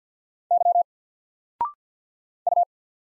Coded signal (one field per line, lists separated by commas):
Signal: Morse code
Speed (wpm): 48 wpm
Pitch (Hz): 700 Hz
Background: none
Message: Y U